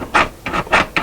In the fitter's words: So now you can see that the spring loaded, it just pops right back in and locks in place.